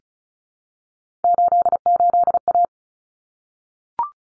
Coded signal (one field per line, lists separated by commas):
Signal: Morse code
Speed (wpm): 34 wpm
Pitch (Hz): 700 Hz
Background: none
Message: 88A